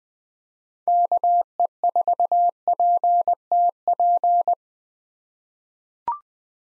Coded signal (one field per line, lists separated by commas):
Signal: Morse code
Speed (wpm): 20 wpm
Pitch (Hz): 700 Hz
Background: none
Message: KE4PTP